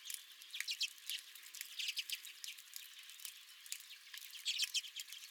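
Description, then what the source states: Redpolls giving scattered high chips and short twittering calls in an uneven, busy chatter. At the recordist's own feeder.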